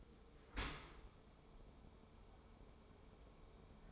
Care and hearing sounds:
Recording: daily activity, microphone in the room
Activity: open dishwasher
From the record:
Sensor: 1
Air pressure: 1015.0 hPa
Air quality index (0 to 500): 24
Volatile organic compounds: 0 ppm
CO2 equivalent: 500 ppm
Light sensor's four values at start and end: 13/30/12/13 and 13/30/12/13

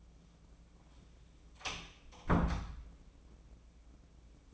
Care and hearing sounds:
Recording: daily activity, microphone in the room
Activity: close door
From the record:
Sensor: 1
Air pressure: 1012.4 hPa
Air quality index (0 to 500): 166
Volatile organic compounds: 3 ppm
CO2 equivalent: 1366 ppm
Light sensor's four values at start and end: 557/1289/574/679 and 564/1306/581/688

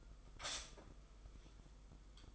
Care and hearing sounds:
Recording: daily activity, microphone in the room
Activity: stop toaster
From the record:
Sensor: 5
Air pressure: 990.9 hPa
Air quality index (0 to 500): 145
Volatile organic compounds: 129 ppm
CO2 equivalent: 3924 ppm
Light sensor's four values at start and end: 35/112/43/45 and 35/111/42/45

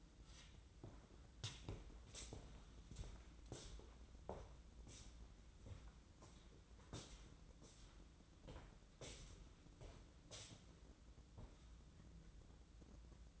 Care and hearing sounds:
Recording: daily activity, microphone in the room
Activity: walk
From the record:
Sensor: 3

